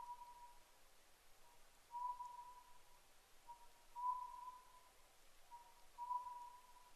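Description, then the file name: Oriental scops owl, a whistled two-part phrase, a short note then a longer held note, repeated about every two seconds against faint hiss. Recorded 10 May 2010 at 01:03. "konohazuku-20100510-0103"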